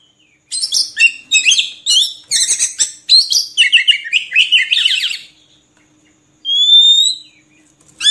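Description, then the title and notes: Oriental magpie-robin song: a long run of mixed chirps and trills, a silent pause, then a pure rising whistle. Long-duration magpie-robin filler (isian) song, played to train birds to sing actively (gacor) day and night. "Kacer Jadi Gacor Siang Malam. Isian Kacer Durasi Panjang"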